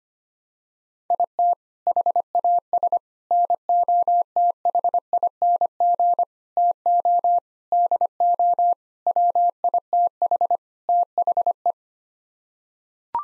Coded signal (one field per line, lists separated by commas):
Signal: Morse code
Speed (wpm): 25 wpm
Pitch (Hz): 700 Hz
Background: none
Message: IT HAS NOTHING TO DO WITH THE